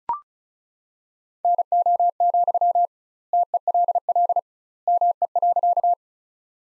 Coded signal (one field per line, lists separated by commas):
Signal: Morse code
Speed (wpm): 34 wpm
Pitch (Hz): 700 Hz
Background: none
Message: NO, TELL ME.